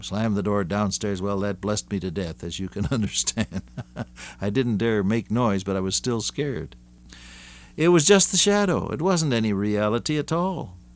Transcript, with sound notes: Slam the door downstairs. Well, that blessed me to death, as you can understand. (laughs) I didn’t dare make noise, but I was still scared. It was just the shadow, it wasn’t any reality at all.